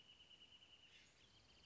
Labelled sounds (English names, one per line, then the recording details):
Wrentit
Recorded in Sonoma County, California